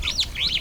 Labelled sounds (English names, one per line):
Superb Starling flight call